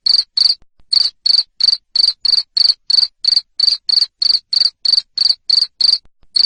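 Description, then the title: Cricket chirping loudly, short high buzzy pulses repeated about three times a second in a steady run, with a brief gap early on and another near the end. Loud chirping cricket (jangkrik ngerik) sound used to stimulate lovebirds to sing (ngekek) continuously. "Suara JANGKRIK NGERIK Keras Bikin LOVEBIRD Jadi NGEKEK Terus"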